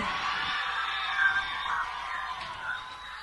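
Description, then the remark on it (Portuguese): At a live DJ show, a crowd shouts and screams together on cue in a loud, sustained roar of overlapping voices that holds steady for a few seconds, with a few higher shrieks poking out. “Quem gostou da número 2, dá um grito!”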